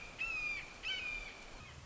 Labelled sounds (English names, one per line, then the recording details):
Red-shouldered Hawk
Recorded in Sonoma County, California